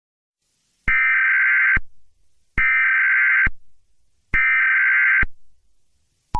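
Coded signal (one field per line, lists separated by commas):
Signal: Emergency Alert System (SAME) tones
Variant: header bursts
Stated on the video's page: Joke EAS scenario, not a real alert.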